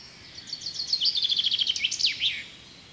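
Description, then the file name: Common chaffinch song, one phrase: a cheerful trill of rapid notes stepping down in pitch, then closing with an emphatic twisting flourish. "Fringilla coelebs"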